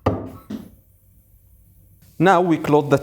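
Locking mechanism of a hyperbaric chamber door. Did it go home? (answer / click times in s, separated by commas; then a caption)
yes / 0.1 s. The locking mechanism of a hyperbaric chamber door is inserted in two steps and pushed until it clicks home at 0.1 s, followed by a softer knock at 0.5 s and then near silence. The lock is seated, and someone starts talking at about 2.2 s.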